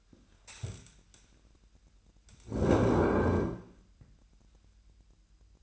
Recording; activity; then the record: daily activity, microphone in the room; stand up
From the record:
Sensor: 2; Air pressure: 1001.8 hPa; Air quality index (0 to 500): 237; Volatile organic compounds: 68 ppm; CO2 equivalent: 3499 ppm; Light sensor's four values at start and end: 8/19/8/8 and 6/15/6/7